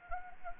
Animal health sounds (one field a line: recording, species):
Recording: mosquito wingbeat signal from an infrared sensor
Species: Anopheles gambiae